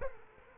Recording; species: mosquito wingbeat signal from an infrared sensor; Culex quinquefasciatus